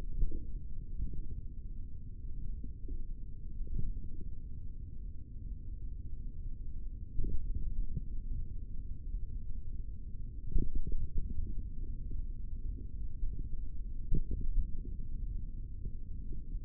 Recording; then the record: forearm muscle sounds (acoustic myography)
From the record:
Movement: finger pinch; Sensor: system 3, bracelet of six PUI Audio POM-2738L microphones around the upper forearm, with dedicated amplification and filtering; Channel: 6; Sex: male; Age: 23 years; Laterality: right